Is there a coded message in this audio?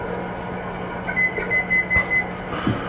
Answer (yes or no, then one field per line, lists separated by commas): no